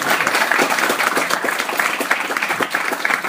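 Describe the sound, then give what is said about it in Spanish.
A burst of audience applause for the guests of a talk about Sandman Overture, many hands clapping in a dense, steady patter that stays loud and even for a few seconds, with no voices over it. “Me gustaría pedirle un fuerte aplauso para mis acompañantes el día de hoy.”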